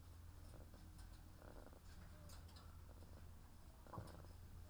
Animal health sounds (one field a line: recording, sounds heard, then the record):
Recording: poultry house recording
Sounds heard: sick chickens (respiratory disease)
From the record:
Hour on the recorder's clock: 13